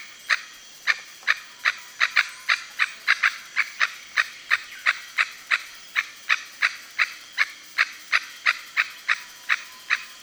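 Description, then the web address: Red-necked aracari calls: sharp, clipped notes repeated about three times per second in a steady, slightly uneven series throughout. "Red necked aracari. صدای-پرنده-پرزبان-گردنسرخ"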